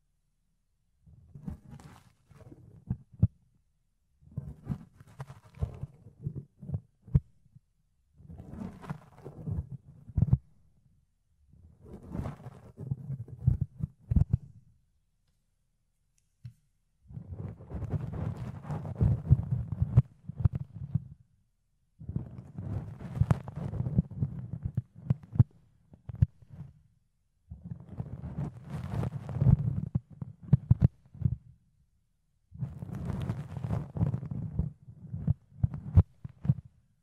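Fluffy ear cleaning comes as muffled, low rubbing strokes in bursts, quieter and sparser for fifteen seconds, then fuller, denser scratchy swipes.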